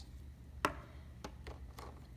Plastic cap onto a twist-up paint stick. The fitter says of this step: snap that cap on you should hear a snap sound